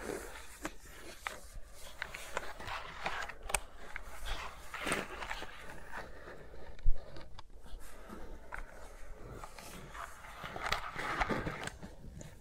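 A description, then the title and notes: ASMR finger sounds with mics on the fingers: soft rubbing and rustling broken by frequent crisp taps and scratches, one sharp thump near seven seconds. ASMR with Mics Around My Fingers (No Talking).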